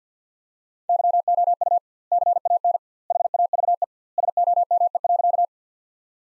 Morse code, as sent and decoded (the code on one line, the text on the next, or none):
-.-- --- ..- / -.-. .- -. / .... .- ...- . / ... --- -- . .-.-.-
YOU CAN HAVE SOME.